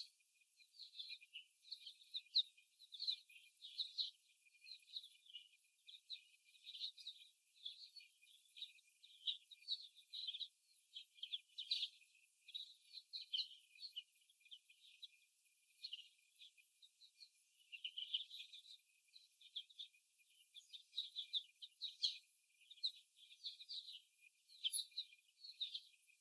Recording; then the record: young laying hens in a cage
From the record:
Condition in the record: after the stressor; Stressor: simulated dog barking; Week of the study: 1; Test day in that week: 1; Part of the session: 3